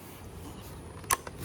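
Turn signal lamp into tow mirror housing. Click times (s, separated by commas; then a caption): 1.1 s. A replacement turn-signal lamp with plastic tabs is pressed into the tow-mirror housing of a Nissan Titan truck. Over a low, steady background, a sharp click sounds at 1.1 s, followed by a fainter tick at about 1.3 s. The lamp seats in the housing.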